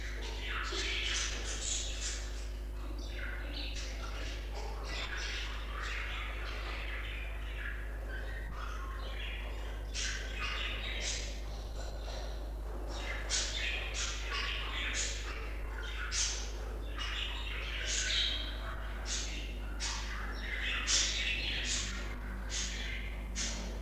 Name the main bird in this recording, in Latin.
Melopsittacus undulatus